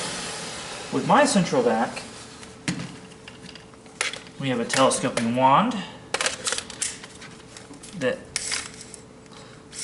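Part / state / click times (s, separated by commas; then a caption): telescoping stainless wand into vacuum hose handle / seated / 8.4 s. A stainless steel telescoping wand for an MD central vacuum is fitted into the vacuum hose handle and extended while someone talks. Several sharp metallic clicks and clacks are heard, ending in a loud click at 8.4 s as the wand locks into place.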